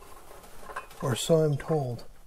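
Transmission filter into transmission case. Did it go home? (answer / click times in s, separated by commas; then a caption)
no / none. A new transmission filter for a C8 Corvette is handled and pushed up toward its bore in the transmission case, with light handling noise and a faint tick near 0.8 s while someone talks. The filter has not seated or clicked into place yet.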